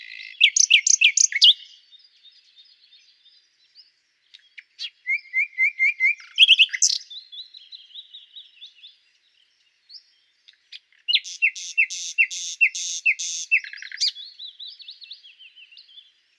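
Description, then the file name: Common nightingale song: rich loud phrases with rapid repeated trills and whistled series, separated by quieter warbling and brief pauses. "Luscinia megarhynchos"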